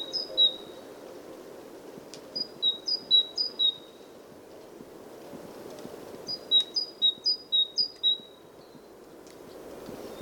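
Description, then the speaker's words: Great tit singing bright, see-sawing two-note phrases in several bursts of repeats, with soft wind in the background. Singing great tit recorded in winter by a lake in Tyresand National Park, Sweden, with wind through the trees in the background. "It's actually an excellent opportunity to record common species, such as this singing great tit."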